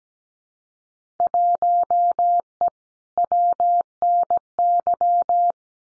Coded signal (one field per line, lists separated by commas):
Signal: Morse code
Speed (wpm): 17 wpm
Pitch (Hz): 700 Hz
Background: none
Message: 1E WNY